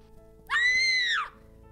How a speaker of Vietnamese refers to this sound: thét lên một tiếng thất thanh rồi bất giác lùi về phía sau vài bước.